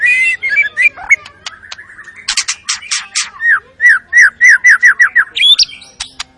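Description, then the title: White-rumped shama singing varied whistles, sharp clicks and a repeated series of short downslurred whistled notes. Lure recording of an energetic, full-repertoire singing shama, meant to stir up the emotion of other birds. "PANCINGAN MURAI BATU. MURAI GACOR SUPER EDAN SEMUA MATERI DI KELUARIN COCOK BUAT DONGKRAK EMOSI. SHAMA BIRD"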